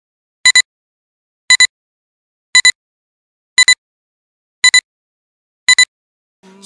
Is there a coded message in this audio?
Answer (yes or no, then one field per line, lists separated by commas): no